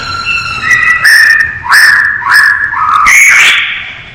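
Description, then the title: Masked laughingthrush giving a short run of clear whistled notes, several rising upward, some capped with brief harsh overtones. Known locally as poksay hongkong; described as gacor, singing actively and persistently. "Kicau Burung Poksay Hongkong Gacor"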